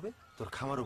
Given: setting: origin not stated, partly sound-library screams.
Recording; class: one-second piece from a danger detection set; normal situation